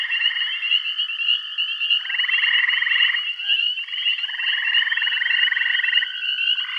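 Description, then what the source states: Frogs produce long pulsing rattled trills, one running over a second, backed by a steady shrill high tone. Bath County.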